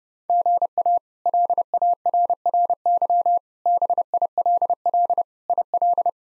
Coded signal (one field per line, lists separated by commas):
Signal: Morse code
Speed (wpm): 32 wpm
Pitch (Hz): 700 Hz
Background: none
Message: GA LARRY BILL IL